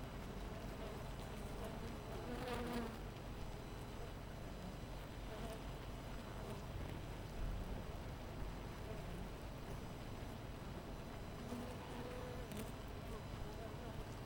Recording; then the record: honeybee colony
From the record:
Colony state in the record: missing queen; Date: 14 July 2017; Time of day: 4:37